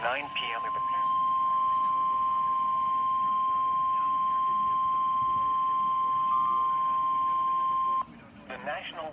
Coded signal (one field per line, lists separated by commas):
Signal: Emergency Alert System (SAME) tones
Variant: 1050 Hz attention tone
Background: speech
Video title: EAS Alerts: Severe thunderstorm warnings